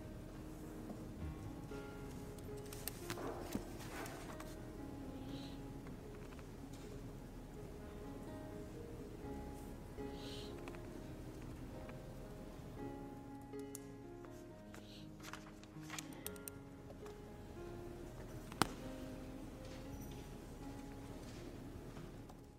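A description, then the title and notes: Ambience in the Yale library: a steady low hum with overlapping tones and faint murmuring voices throughout. Brief rustles and clatters break in around 3, 10 and 15 seconds, and a single sharp click lands near 18 seconds. Study with me at hogwarts (aka the yale library!).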